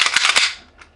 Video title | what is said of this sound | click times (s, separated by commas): WE CQB 1911 Gen. 2 Heavy Weight GBB Pistol Review! | Push it all the way in and you'll hear a click. And then you're good to go to let go. | 0.2 s